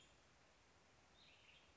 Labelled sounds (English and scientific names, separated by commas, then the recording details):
Western Tanager (Piranga ludoviciana)
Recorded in Sonoma County, California